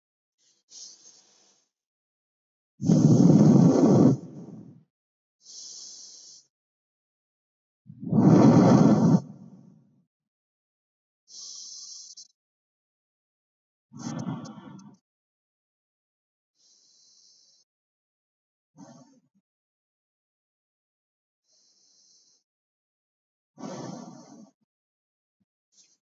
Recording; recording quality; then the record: deep breathing; excellent, no background noise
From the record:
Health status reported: healthy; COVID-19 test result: negative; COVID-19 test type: RT-PCR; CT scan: not taken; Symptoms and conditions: none ticked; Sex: female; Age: 21 years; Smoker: no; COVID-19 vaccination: both doses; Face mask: not worn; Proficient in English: yes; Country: India